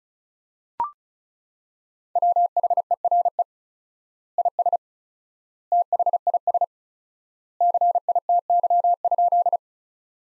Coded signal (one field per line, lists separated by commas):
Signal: Morse code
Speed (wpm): 34 wpm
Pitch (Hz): 700 Hz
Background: none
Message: WHERE IS THIS CITY?